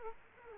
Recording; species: mosquito wingbeat signal from an infrared sensor; Culex quinquefasciatus